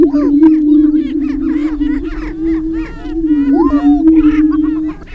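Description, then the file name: Greater prairie chicken booming, a dense low humming drone mixed with many excited cackles and squeals from several birds at once. Greater prairie chickens booming, recorded 6 May 2005. "2005-05-06 Greater Prairie Chicken Booming"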